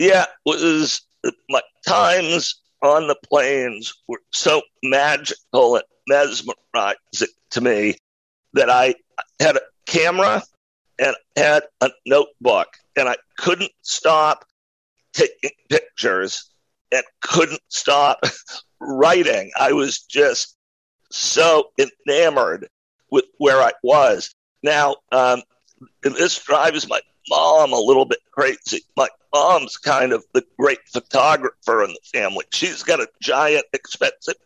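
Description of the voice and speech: Adult male speaker with a rare neurological voice disorder, acquired in 2012, that made speaking particularly difficult; a partial loss of voice. The voice has since improved and he speaks freely without pain, though it still sounds unique, with a somewhat rough, breathy quality and frequent pauses.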